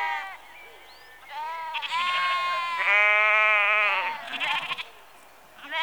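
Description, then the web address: Sheep bleating, a long overlapping run of quavering bleats from several animals. Rural exterior atmosphere, sheep in early evening, recorded close. "BBC Sound Effects Library - Exterior Atmospheres-Rural Backg Sheep Early Evening- Close"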